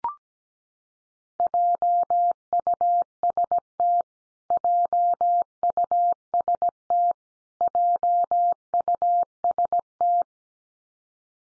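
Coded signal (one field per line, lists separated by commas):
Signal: Morse code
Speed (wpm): 17 wpm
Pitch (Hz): 700 Hz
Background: none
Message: JUST JUST JUST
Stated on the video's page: Morse word drill of the 500 most common English words at 17 wpm, each word sent three times, then once more.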